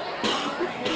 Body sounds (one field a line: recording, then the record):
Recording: coughing mixed with background sound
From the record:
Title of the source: 64 coughing, allergies, singing lungs